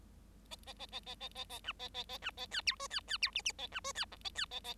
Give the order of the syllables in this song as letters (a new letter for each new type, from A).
A A A A A A A A B A A A B A C D E C C D F F A B E C G A C A A